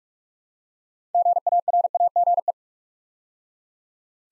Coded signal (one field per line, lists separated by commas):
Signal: Morse code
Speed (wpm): 44 wpm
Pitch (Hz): 700 Hz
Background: none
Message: GARAGE